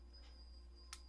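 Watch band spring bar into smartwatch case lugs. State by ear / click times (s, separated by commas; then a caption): seated / 0.9 s. A leather Strap Studio watch band's quick-release spring bar is fitted into the lugs of a Samsung Gear S3 Frontier smartwatch case. Over a quiet, steady background hum with a faint high tone, a single sharp, bright click at 0.9 s marks the spring bar snapping into the lug, seating the band.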